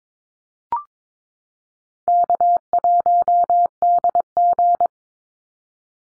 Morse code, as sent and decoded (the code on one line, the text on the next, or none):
-.- .---- -.. --.
K1DG